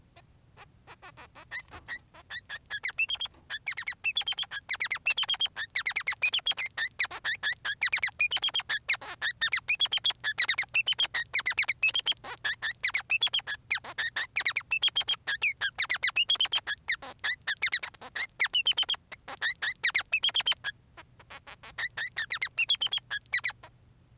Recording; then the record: song of a male Bengalese finch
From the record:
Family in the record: son of father 3